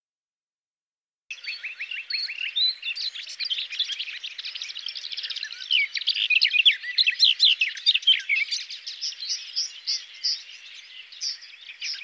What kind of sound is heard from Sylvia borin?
song